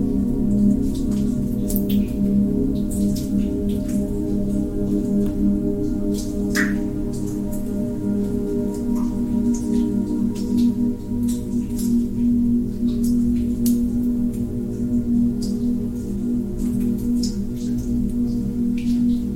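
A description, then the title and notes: Ambient music built on a steady, warm low drone that hums with a bowl-like ringing tone throughout. Water drops fall over it as bright, short plinks, scattered irregularly every second or so, with a more noticeable drop near seven seconds. Relax With Water Drops Sound Ambient Music.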